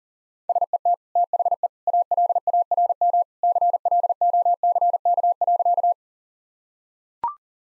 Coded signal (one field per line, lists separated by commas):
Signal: Morse code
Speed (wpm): 40 wpm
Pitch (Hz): 700 Hz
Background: none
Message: SET THE ALARM CLOCK.